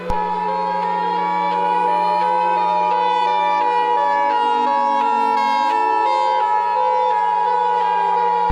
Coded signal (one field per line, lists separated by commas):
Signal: Emergency Alert System (SAME) tones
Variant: 853 and 960 Hz attention tone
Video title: Directv EAS Scenario -- DO NOT GO OUTSIDE